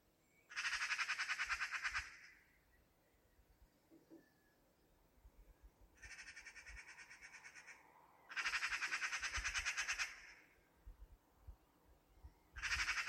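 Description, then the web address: Bird uttering loud grating, buzzy bursts of about one to two seconds, repeated several times with gaps of up to about four seconds, against low rustling background noise. "cianscape birddata Deverinetal"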